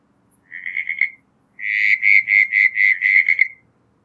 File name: Litoria ewingii